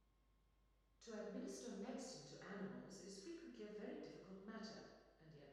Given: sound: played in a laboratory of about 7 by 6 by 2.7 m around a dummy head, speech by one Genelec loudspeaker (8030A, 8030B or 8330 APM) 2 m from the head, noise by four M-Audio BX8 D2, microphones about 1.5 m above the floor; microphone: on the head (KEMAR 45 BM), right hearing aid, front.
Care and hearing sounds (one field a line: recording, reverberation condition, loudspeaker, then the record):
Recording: female speech in English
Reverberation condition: high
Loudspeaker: 90 degrees to the left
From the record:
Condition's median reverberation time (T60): about 1300 ms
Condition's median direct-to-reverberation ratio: about -4.0 dB